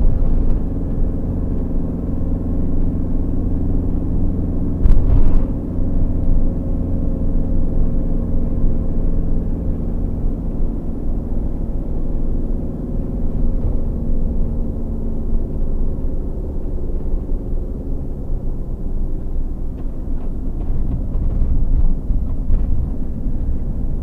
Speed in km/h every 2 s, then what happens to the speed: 46, 46, 46, 46, 46, 44, 42, 40, 37, 33, 27, 27.
0-11 steady at about 46. 11-24 slows to 27.